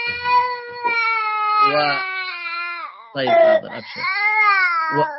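A man weeps aloud in long, wavering, tonal sobs that rise and fall, broken by short gasping pauses, with a louder, strained burst partway through.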